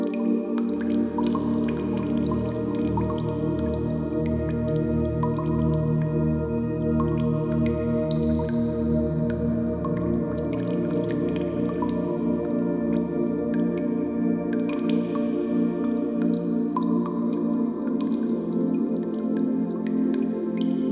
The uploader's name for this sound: Cave Water Drips